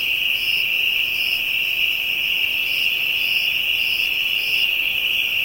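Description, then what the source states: Insect chorus with a constant shrill trill beneath brief higher chirps repeated at irregular intervals. African insects; ambient soundscape.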